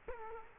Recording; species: mosquito wingbeat signal from an infrared sensor; Culex quinquefasciatus